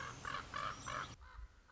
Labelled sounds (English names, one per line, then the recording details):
Common Raven
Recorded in Sonoma County, California